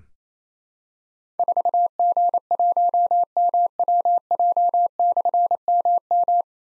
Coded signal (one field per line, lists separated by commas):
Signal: Morse code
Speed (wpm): 28 wpm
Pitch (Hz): 700 Hz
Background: none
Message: 4G1MWJ/MM